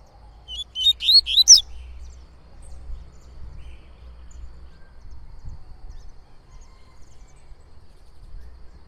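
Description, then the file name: Yellow-bellied seedeater song: a quick burst of several high, sweeping whistled notes lasting barely a second, then low background noise for the rest. "canto de coleiro baiano"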